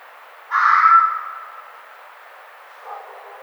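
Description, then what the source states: Red fox giving a single hoarse, screechy bark that trails off, followed by a faint, lower sound near the end. 1 April 2009.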